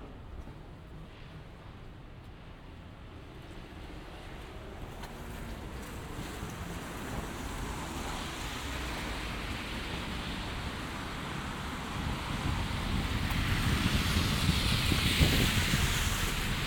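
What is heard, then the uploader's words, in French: A winter walk through Montréal, with steady traffic rumble that swells as a vehicle passes, growing louder and brighter toward the end. Balade binaural dans le Montréal de l'hiver.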